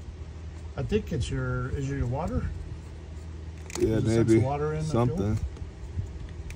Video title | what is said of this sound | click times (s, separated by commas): 2nd Gen Dodge Ram 2500 - Fuel Filter Change | okay so then hear that click in there | 6.5 s